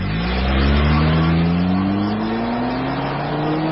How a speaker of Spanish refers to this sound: Los motores trabajan a altísimas revoluciones por minuto.